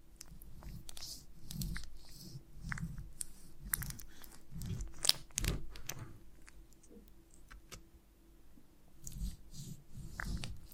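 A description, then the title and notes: Someone chews honeycomb, wet and sticky, with soft bursts of low chewing sound repeating every second or so. Sharp little crackles and clicks are scattered through, with a louder snap around five seconds. The chewing pauses briefly near eight seconds, then resumes. ASMR of a Honeycomb on Branch (No Talking).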